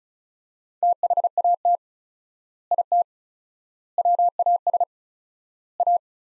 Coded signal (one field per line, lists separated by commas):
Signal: Morse code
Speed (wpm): 34 wpm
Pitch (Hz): 700 Hz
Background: none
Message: THAT IT WAS A